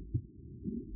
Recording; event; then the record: neck accelerometer signal played as sound; no cough (speech, laughter, throat clearing or background)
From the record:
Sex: male